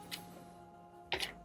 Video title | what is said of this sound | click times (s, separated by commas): Unboxing and First Impressions: Apple Vision Pro | going to go with a thinner light seal right now once again it just kind of Pops in place | 1.1 s